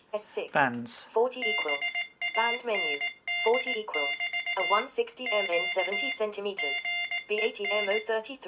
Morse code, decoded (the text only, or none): BAND<BT> Q GEN